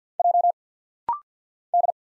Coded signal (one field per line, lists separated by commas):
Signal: Morse code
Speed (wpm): 50 wpm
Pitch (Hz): 700 Hz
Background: none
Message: J D